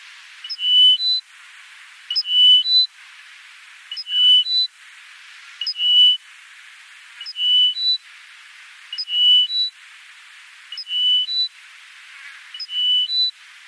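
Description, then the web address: Bar-tailed lark singing: repeated short whistled phrases, a brief high note, a level tone, then a higher note, given regularly every couple of seconds. "Schulze Peter Bar-tailed Lark song"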